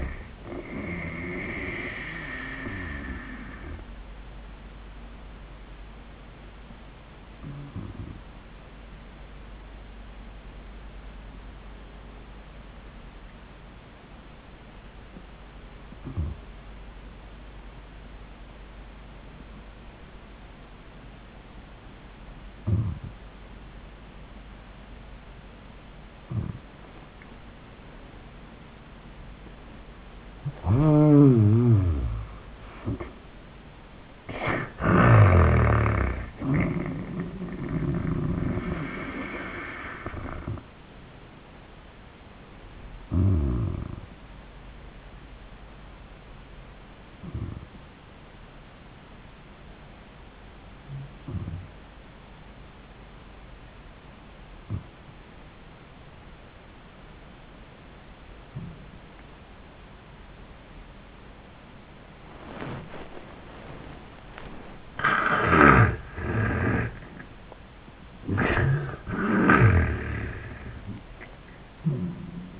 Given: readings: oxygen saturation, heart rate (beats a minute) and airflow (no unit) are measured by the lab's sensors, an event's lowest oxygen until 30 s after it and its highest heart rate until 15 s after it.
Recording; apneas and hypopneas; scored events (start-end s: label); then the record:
breathing in sleep by a voice recorder at the bedside; 2
4.00-32.90 s: hypopnea (N1, oxygen 96% highest, then 78% lowest, heart rate 88 at the start, 93 highest)
11.00-71.00 s: new sleep stage, N2 (light sleep)
44.00-68.20 s: hypopnea (N2, oxygen 96% highest, then 79% lowest, heart rate 74 at the start, 99 highest)
71.00-72.60 s: new sleep stage, N1 (lightest sleep)
From the record:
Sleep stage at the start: N1 (lightest sleep); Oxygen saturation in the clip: 78 to 96%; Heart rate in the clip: 71 to 96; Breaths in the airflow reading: 10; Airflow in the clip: -22.2 to 26.5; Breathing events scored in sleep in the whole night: 400 in 8.7 hours asleep